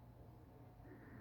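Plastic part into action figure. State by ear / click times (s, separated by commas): not seated / none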